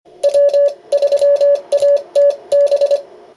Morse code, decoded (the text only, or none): W3ATB